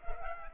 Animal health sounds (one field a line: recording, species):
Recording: mosquito wingbeat signal from an infrared sensor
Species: Culex pipiens